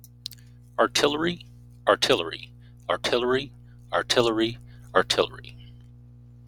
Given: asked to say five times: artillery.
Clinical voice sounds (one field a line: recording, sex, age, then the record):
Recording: repeated word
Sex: male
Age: 30 to 39 years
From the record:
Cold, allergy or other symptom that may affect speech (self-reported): no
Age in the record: 36 years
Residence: Alaska, United States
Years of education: 15